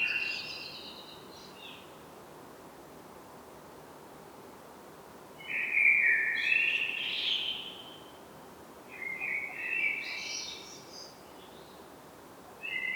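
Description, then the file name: Common blackbird song: mellow fluted phrases with high twittering ends, separated by pauses of a few seconds, with a new phrase starting at the very end. "Turdus merula"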